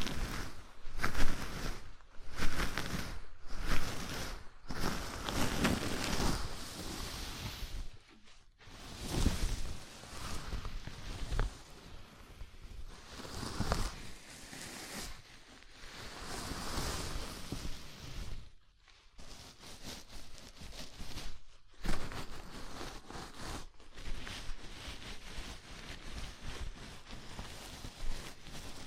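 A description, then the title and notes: Scalp massage: fingers rub and scratch through hair in a steady stream of soft, rushing friction, swelling and easing like waves. Short silent pauses break it up every few seconds, most clearly near 8, 19 and 22 seconds. ASMR Sleepy Scalp Massage (No Talking).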